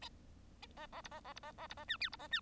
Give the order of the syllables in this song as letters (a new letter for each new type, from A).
A A B A A B A A B A C D B A C